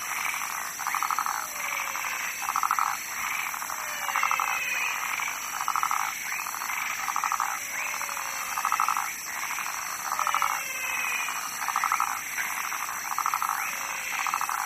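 Rhythmic frog croaking: brief buzzy rattles repeated about once a second, with fainter sweeping calls above and an even hiss behind.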